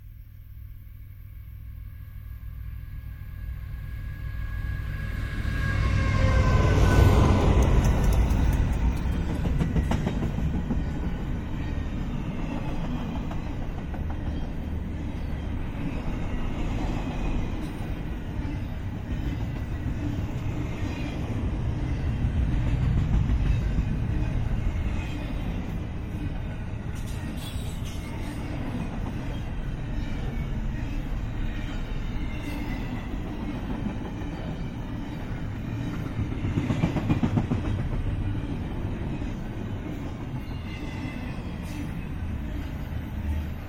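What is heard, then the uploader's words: A freight train passes, rising from quiet to a heavy low rumble that peaks around seven seconds with a brief bright screech. The dense, rolling rumble of wagons continues steadily, with swells near 23 and 37 seconds and faint clacking over the wheels. BNSF Freight Train pass. A major BNSF line runs along the Columbia River Gorge that forms the border between Washington and Oregon states. I had also just acquired my first 32-bit recorder. These trains are long, and heavy, often requiring 2-4 engines to pull and another 1-3 to push.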